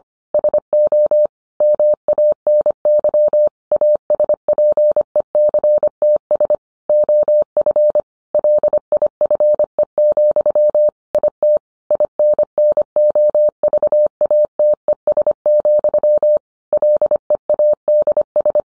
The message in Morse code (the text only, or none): SO MANY ASPECTS OF LIFE, IT INNOVATES, LEADS